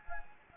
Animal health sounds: mosquito wingbeat signal from an infrared sensor; Anopheles gambiae

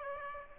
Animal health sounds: mosquito wingbeat signal from an infrared sensor; Aedes aegypti

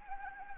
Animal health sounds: mosquito wingbeat signal from an infrared sensor; Anopheles gambiae

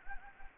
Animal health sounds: mosquito wingbeat signal from an infrared sensor; Anopheles gambiae

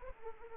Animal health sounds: mosquito wingbeat signal from an infrared sensor; Anopheles arabiensis

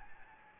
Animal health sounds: mosquito wingbeat signal from an infrared sensor; Anopheles gambiae

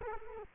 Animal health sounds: mosquito wingbeat signal from an infrared sensor; Culex quinquefasciatus

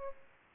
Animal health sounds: mosquito wingbeat signal from an infrared sensor; Aedes aegypti

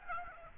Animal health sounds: mosquito wingbeat signal from an infrared sensor; Aedes aegypti

